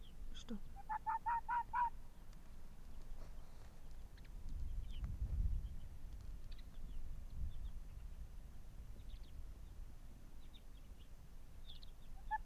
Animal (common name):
Arctic Fox